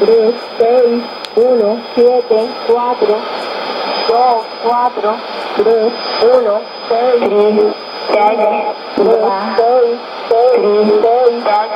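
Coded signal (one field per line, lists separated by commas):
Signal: numbers station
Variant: S06s Russian, HM01 Spanish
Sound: a voice reading single digits at an even pace over shortwave hiss, possibly two overlapping stations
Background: radio static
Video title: 10 03 2015 Numbers stations 0800 S06s in Russian on 11635 CUSB vs HM01 in Spanish on 11635 AM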